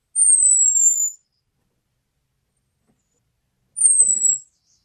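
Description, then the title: Orange-headed thrush: two long, thin, very high whistles drifting slightly downward, separated by a pause of a few seconds, in otherwise silent surroundings. "Burung Anis Merah"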